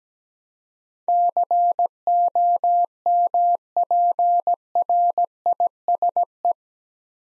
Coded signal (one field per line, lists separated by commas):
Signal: Morse code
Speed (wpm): 17 wpm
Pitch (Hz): 700 Hz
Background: none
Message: COMPRISE